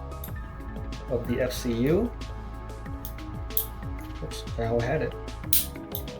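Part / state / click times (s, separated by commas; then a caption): pistol fire control unit in its grip module / released / 5.5 s. Someone talks over music while pushing a metal part of a P320 pistol's fire control unit forward to free it from its polymer grip module, with small clicks and handling noises along the way. A sharp click at 5.5 seconds marks the fire control unit releasing from the grip frame.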